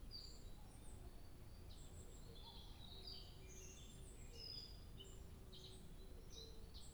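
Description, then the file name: Bird song: a chorus of high chirps and twittering trills, plus soft lower whistled notes repeated throughout, all set against constant low background noise. 2 July 2023. "birdsong 20230702"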